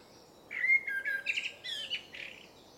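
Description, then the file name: Eurasian blackbird gives a single song phrase: a clear whistled note, then a run of quick, rising and falling high squeaky twitters. "Turdus merula"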